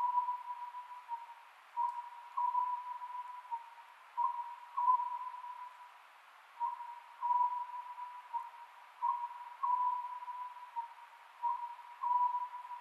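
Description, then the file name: Oriental scops owl, a run of mellow whistled notes in short phrases, each phrase repeated at an even rhythm over steady background hiss. Recorded 27 May 2010 at 22:21. "konohazuku-20100527-2221"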